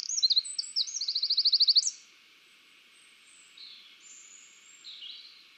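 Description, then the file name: Eurasian wren song ending in a fast, even trill of about a dozen high ticking notes, followed by fainter scattered high notes and quiet background hiss. "Troglodytes troglodytes"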